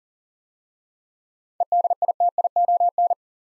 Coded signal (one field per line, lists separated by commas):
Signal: Morse code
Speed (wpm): 37 wpm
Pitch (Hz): 700 Hz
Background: none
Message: EDITION